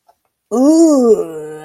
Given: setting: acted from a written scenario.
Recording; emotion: vocal sound without words; disgust